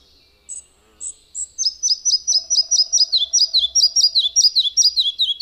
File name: Kis légykapó